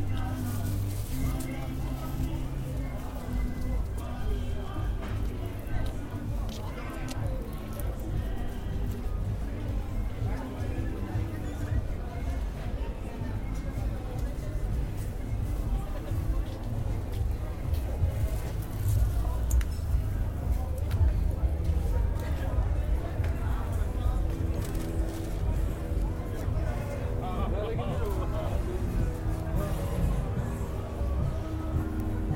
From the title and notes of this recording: To Brixton (Electric Avenue). I took the train and tube to Brixton, arriving in Electric Avenue, probably for a gig or to go dancing.